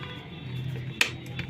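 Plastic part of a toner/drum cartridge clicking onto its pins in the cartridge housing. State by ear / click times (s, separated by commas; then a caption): seated / 1.0 s. The spring-held second plastic part of a Ricoh 3400/3410/3500/3510 toner/drum cartridge is pressed into place in the cartridge housing. A sharp click at 1.0 s is the part snapping home onto its pins, followed by two fainter ticks near 1.4 s and 1.5 s over a low steady hum. The part is seated on its pins.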